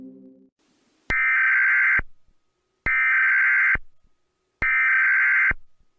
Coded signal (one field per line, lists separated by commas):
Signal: Emergency Alert System (SAME) tones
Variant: header bursts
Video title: EAS Mock - Hawaii Missile